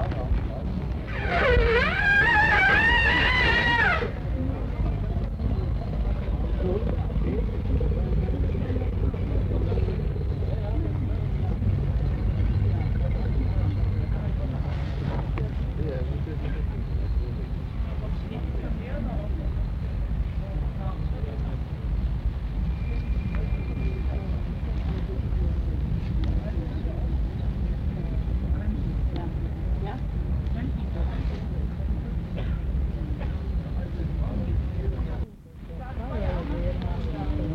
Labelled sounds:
Asian Elephant (Elephas maximus)
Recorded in captivity
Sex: female
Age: adult
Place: Zoo Berlin, Berlin, DE
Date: 1960-10-01 14:15
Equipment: Minifon, Kopie Smaragd
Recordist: Tembrock, Günter

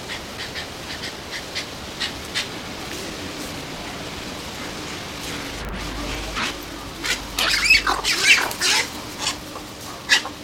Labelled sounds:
Great Egret (Ardea alba) call
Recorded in captivity
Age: adult
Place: Tierpark Berlin, Berlin, DE
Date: 1991-10-31 10:30
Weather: sonnig, 0°C
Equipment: Nagra SN, Kopie Tesla B 116
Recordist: Tembrock, Günter

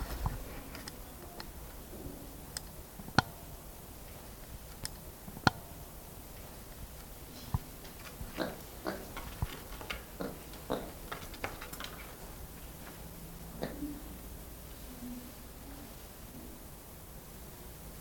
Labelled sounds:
Black Lemur (Eulemur macaco) call
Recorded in captivity
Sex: pair
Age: adult
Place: Zoo Dresden, Sachsen, DE
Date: 1997-02-14 15:50
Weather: heiter bis wolkig, 5 bis 7°C
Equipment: Nagra SN, Kopie Uher 4000 Report Monitor
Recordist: Tembrock, Günter
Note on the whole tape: Weibchen vorn, Männchen nähert sich, Laute dabei (Entfernung 1 m)

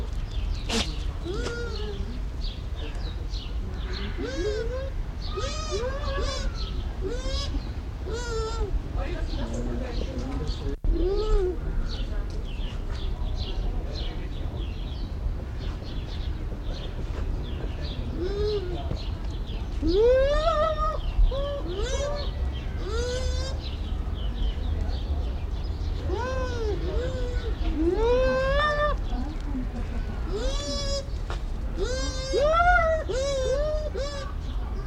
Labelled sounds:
Bush Dog (Speothos venaticus)
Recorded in captivity
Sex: pair
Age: adult
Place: Zoo Berlin, Berlin, DE
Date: 1994-10-01 11:35
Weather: wolkig, z. T. etwas Regen, aufheiternd, 12°C
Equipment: Marantz CP 430, Sennheiser ME 80, Kopie Uher Variocord 263
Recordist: Tembrock, Günter
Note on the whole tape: Paar umherlaufend (längere Stücke), diverse Lautformen, bei Begegnung rhythmische Folgen, z.T. alternierend. Sonst nacheinander laufend, sie manchmal zur Innentür

